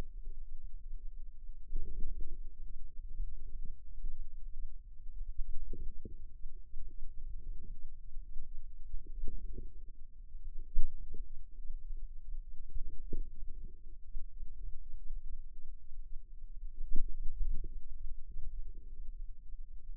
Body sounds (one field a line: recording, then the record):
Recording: forearm muscle sounds (acoustic myography)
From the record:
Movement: inward rotation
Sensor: system 2, bracelet of six BSWA MPA416 microphones around the upper forearm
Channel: 1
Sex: female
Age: 22 years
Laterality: right